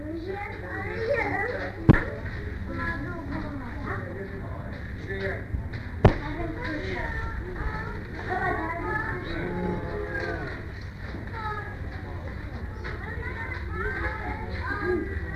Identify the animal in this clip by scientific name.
Panthera tigris